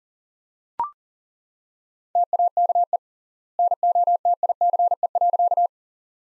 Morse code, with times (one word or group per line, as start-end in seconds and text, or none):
2.2-3.0 TAKE
3.6-5.7 NOTICE.